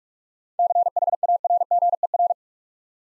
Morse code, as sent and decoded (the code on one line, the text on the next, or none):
-.-. .... .- .-. --. . .-.
CHARGER